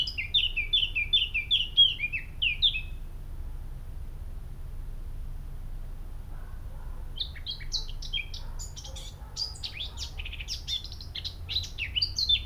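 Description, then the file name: Eurasian blackcap song: a short run of high notes ends, a pause follows, then a new rapid, varied warble of high notes starts. "Sylvia atricapilla"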